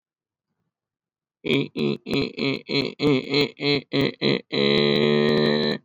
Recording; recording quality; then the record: sustained vowel as in made; moderate, slight background noise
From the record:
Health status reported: exposed to COVID-19, no respiratory illness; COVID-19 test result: negative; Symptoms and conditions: fatigue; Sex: female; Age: 29 years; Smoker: not ticked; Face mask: not worn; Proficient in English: yes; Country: India